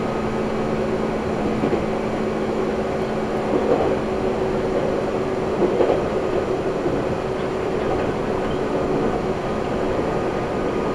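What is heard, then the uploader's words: A Nagoya Railroad Mikawa Line train running between Chiryu and Hekinan, heard as a steady, dense rumble with a low drone and a faint sustained whine throughout. Brief swells of rattling and clatter rise around four and six seconds before settling back. Nagoya Railroad Mikawa Line Chiryu to Hekinan.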